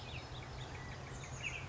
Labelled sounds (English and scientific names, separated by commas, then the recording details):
Chestnut-backed Chickadee (Poecile rufescens)
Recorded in Sonoma County, California